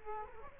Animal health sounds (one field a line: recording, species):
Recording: mosquito wingbeat signal from an infrared sensor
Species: Culex quinquefasciatus